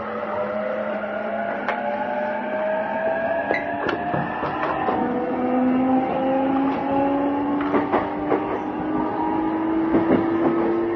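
Aboard an E233 series train, a steady motor whine climbs slowly in pitch over a constant rumble, with scattered rattles and knocks.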